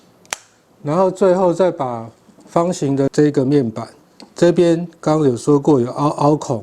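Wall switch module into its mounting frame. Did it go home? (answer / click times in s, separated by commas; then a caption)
yes / 0.3 s. A Panasonic wall switch module is hooked in at the bottom and pressed hard on the other side into its plastic mounting frame. It snaps in with a sharp click at 0.3 s, which locks it in. Someone then talks for the rest of the clip.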